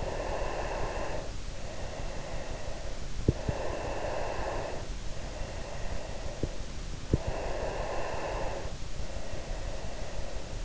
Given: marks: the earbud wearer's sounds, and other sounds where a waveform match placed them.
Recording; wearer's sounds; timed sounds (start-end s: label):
sounds in sleep by an in-ear microphone; breath
0.00-7.02 s: breath
7.28-10.65 s: breath